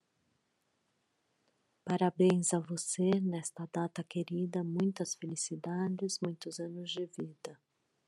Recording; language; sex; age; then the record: short text; Brazilian Portuguese; female; 50 to 59 years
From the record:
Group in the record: control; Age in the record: 51 years